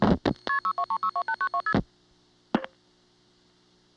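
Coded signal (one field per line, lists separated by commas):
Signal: multi-frequency trunk signalling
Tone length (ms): 90 ms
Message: KP62362892KP2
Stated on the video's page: Siemens motor switch telephone exchange signalling at Ocala-Silver Springs, Florida.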